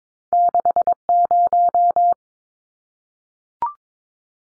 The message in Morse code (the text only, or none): 60